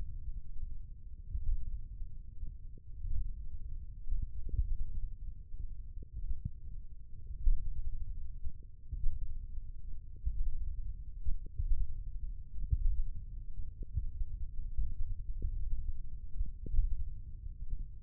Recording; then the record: forearm muscle sounds (acoustic myography)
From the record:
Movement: finger pinch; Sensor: system 1, eight BSWA MPA416 microphones around the upper forearm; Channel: 1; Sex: male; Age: 20 years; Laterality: left